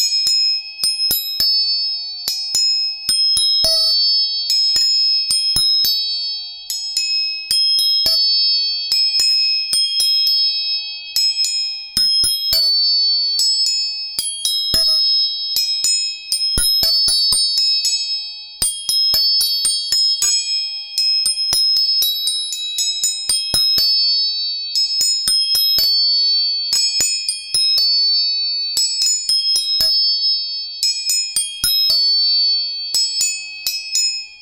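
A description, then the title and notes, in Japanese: Tuning forks are struck again and again, quick bright metallic taps layered over steady high ringing tones that sustain throughout. 音叉チューニング全体性。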